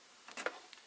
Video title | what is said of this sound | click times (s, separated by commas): APC SmartUPS Tower Unit won't turn on | we're going to re-engage the DC disconnect you might hear a pop when this happens | 0.5 s